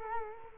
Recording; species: mosquito wingbeat signal from an infrared sensor; Culex quinquefasciatus